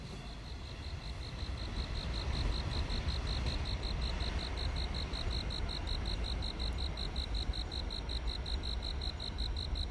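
Cricket giving a continuous series of fast, evenly spaced high chirp pulses, partly masked by heavy low rumbling.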